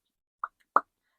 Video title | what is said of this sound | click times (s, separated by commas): Poison Envy - Carousel Fountain Pen - Ferris Wheel Press - Pen Review | a very satisfying like click I guess you could call it | 0.8 s